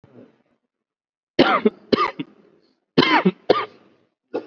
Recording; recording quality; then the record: shallow voluntary cough; excellent, no background noise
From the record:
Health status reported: COVID-19 positive, moderate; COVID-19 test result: positive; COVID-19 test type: RT-PCR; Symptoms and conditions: cough, cold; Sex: male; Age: 25 years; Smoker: no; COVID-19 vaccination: one dose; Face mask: worn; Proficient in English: yes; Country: India